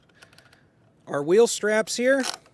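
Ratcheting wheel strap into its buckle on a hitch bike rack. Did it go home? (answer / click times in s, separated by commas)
no / none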